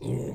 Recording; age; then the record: pig call; weaner (32 to 43 days)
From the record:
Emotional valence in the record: negative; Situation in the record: novel object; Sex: female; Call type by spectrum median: low-frequency call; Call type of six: low-frequency stable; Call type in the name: low-frequency stable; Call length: 0.35 s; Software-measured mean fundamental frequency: 61 Hz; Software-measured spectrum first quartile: 137 Hz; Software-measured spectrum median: 250 Hz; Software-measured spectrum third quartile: 472 Hz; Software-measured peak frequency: 139 Hz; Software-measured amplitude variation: 121 dB a second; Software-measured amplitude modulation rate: 20.0 a second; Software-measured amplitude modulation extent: 6.1 dB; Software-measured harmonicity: 1.0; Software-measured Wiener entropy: -0.34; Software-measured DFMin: 1083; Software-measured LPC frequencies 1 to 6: 341, 2119, 2634, 3534, 7073, 7995 Hz